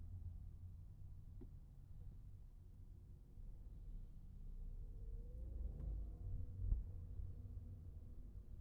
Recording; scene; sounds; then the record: everyday scene through a hearing-aid microphone; in a vehicle; engine, traffic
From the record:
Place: Skoda Fabia, gasoline engine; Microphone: behind the ear, right, rear